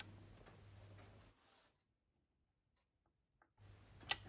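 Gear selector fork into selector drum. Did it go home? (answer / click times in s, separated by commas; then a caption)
yes / 4.1 s. On a Honda ST1100 Pan European engine being rebuilt, the outer gear selector fork is pressed into the gearbox selector drum. A low steady hum fades into near silence with a faint tick around 3.4 s, then the hum returns before a sharp snap at 4.1 s as the fork seats in the drum.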